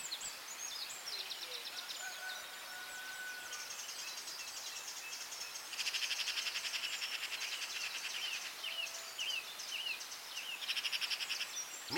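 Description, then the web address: Birds: dawn chorus of many birds: dense high twittering and trills overlap, a loud buzzy rattling burst starts near six seconds, and slurred whistles follow near nine seconds. Dawn chorus recorded at dawn in Anglesey, Wales. "beanstalk-audio Dawn chorus in Anglesey Wales"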